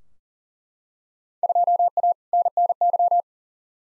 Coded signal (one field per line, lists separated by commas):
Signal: Morse code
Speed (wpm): 40 wpm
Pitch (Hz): 700 Hz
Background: none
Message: 2A NNY